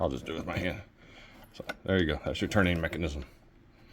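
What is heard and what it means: Someone talks while moving the steering linkage of a Wanan 24V kids' electric go-kart by hand to demonstrate its turning mechanism, with faint mechanical handling sounds between the words. The steering linkage part is only being handled; nothing has seated or locked in place yet.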